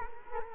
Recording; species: mosquito wingbeat signal from an infrared sensor; Culex quinquefasciatus